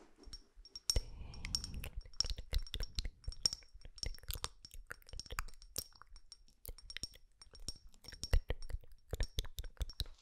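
Mouth sounds: a dense run of sharp wet clicks and smacks with brief breathy rustling near the start, irregular and continuing for the whole clip.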